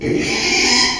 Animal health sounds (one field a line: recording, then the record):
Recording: squeal of a Yucatan mini pig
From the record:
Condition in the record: after surgery on the right vocal fold (resection and tissue-engineered implant)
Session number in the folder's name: 2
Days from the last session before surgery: 13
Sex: male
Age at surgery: 12 weeks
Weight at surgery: 13 kg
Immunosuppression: cyclosporine, prednisolone